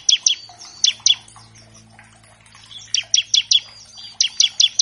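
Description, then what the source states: Bar-winged Prinia song: clipped high chirps in short groups of two to four, separated by brief pauses, over a faint low hum. Master track for training captive songbirds of all kinds, meant as a lure to get birds singing quickly.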